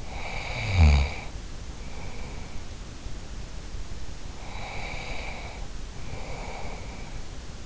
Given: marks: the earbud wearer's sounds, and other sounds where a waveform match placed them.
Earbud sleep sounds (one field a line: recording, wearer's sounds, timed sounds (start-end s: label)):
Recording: sounds in sleep by an in-ear microphone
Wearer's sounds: snoring breath, breath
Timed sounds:
0.00-2.73 s: snoring breath
4.26-7.34 s: breath